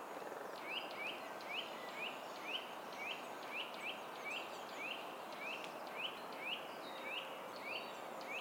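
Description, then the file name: Eurasian nuthatch repeating rising whistled notes roughly twice a second in a long regular string, against constant loud background hiss. "Sitta europaea"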